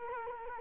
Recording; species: mosquito wingbeat signal from an infrared sensor; Culex quinquefasciatus